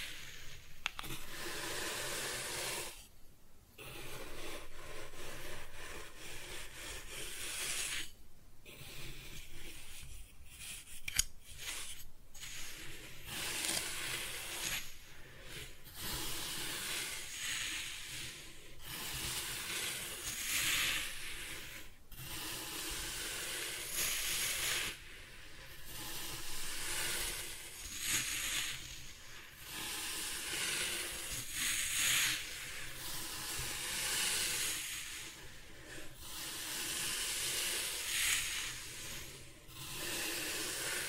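Kinetic sand being cut and scooped, a soft grainy hiss in repeated strokes broken by brief pauses every few seconds.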